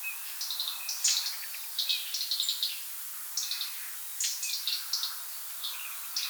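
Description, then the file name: European robin song: short, high, thin, trilling phrases come in bursts about once a second or two, separated by brief pauses, over a steady background hiss. "rotkehlchen"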